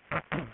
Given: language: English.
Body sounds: throat vibration sensor signal played as sound; throat clearing

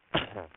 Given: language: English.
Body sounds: throat vibration sensor signal played as sound; cough

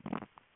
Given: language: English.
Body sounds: throat vibration sensor signal played as sound; swallow

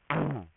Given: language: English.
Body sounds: throat vibration sensor signal played as sound; throat clearing

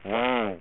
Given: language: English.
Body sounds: throat vibration sensor signal played as sound; speech

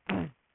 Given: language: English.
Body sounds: throat vibration sensor signal played as sound; throat clearing

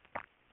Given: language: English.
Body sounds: throat vibration sensor signal played as sound; swallow

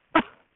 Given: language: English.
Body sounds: throat vibration sensor signal played as sound; cough

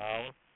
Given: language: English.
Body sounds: throat vibration sensor signal played as sound; speech

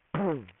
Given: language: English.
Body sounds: throat vibration sensor signal played as sound; throat clearing

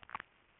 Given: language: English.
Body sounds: throat vibration sensor signal played as sound; swallow

